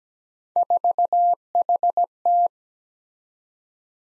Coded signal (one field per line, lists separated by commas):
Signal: Morse code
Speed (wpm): 17 wpm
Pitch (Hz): 700 Hz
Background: none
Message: 4HT